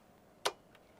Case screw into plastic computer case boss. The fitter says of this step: here as I'm as I'm putting these screws in I'm going backwards and you could hear the little click